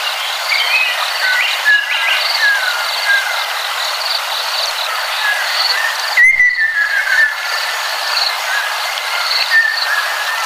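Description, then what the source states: Ruddy kingfisher song: several descending whistled trills sliding downward, one longer falling phrase midway, set against a steady loud buzzing insect chorus throughout. Ryukyu subspecies.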